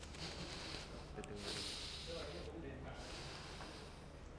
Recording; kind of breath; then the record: one breath in and out by a microphone near the nose and mouth; deep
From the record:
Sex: male